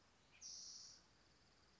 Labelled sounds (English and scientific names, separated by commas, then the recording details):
Spotted Towhee (Pipilo maculatus)
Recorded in Sonoma County, California